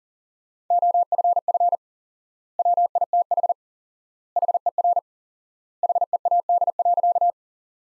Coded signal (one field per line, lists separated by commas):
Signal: Morse code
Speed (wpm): 37 wpm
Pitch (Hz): 700 Hz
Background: none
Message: OFF WITH HER HEAD.